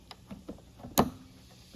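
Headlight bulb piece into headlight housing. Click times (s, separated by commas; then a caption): 1.0 s. A headlight bulb piece is slipped into the headlight housing of a 1999–2004 Mustang and pushed until it clicks into place. A few faint ticks come first, then a sharp click at 1.0 s, and the piece seats.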